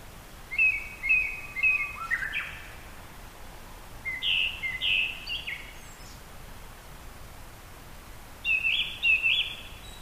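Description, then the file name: Japanese thrush song: repeated short whistled notes building into fuller phrases, three bursts in all, with constant hissing noise behind. "kurotsu"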